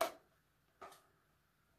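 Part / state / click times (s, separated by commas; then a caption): rifle magazine into magazine well / not seated / none. A rifle magazine is pushed into the magazine well of an AR-15, making a sharp knock at the start and a quieter knock near 0.8 s, followed by near silence. Nothing has seated or clicked yet, and the magazine did not click the way the other magazines did.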